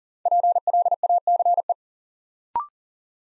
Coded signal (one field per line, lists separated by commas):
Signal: Morse code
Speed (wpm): 37 wpm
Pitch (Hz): 700 Hz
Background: none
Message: PLACE